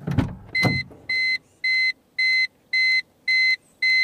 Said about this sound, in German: Der Warnton im Auto. Sicherheitsgurt anlegen. Achtung zu Ihrem Schutz. Natürlich geht es nur um Ihre Sicherheit. Ihre Gesundheit ist uns einen Warnton wert.